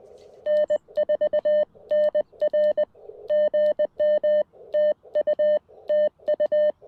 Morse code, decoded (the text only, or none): N4NR GM TU TU